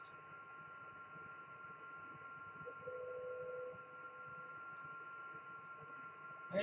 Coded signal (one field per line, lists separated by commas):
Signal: PSK31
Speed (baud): 31.25 baud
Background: speech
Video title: PSK-31 an amateur radio digital mode